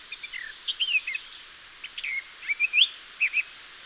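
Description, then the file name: Eurasian blackcap giving a loose series of short whistled and slurred notes, some rising sharply, scattered across four seconds against a steady background hiss. "Sylvia atricapilla"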